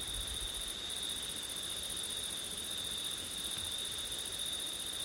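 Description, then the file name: High, even cricket trill continuing throughout, with a short break in the upper tone and a light hiss of wind. Crickets recorded on a September night with wind; ORTF microphone setup. "crickets wind september night ortif"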